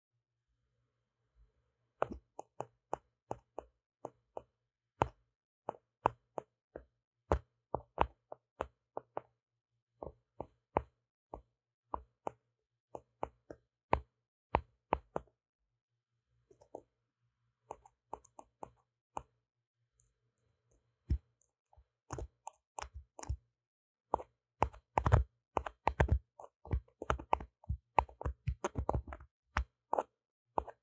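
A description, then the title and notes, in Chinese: Microphone ear cleaning: sharp, dry plops and taps land one after another, crisp, over near silence with a faint low hum. Starting near two seconds, they come at a loose, irregular pace, then grow dense and rapid after twenty-four seconds. 麥克風耳朵深度清潔。NoTalking。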